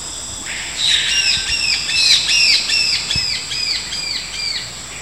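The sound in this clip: Black-headed parrot squawking: a rapid run of about a dozen harsh, shrill, arched notes, roughly two to three per second.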